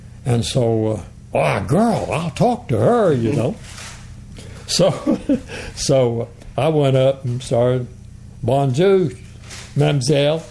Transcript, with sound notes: and so…whoa a girl! I’ll talk to her, you know. So, [Chuckling] so I went up and started, “bonjour mam’selle,”